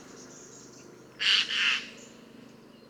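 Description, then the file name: Eurasian jay giving one loud, hoarse two-part screech midway through, with steady background hiss throughout. "Garrulus glandarius"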